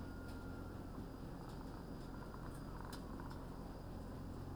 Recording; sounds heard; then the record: poultry house recording; sick chickens (respiratory disease)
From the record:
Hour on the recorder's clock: 15